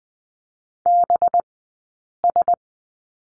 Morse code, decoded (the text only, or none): BS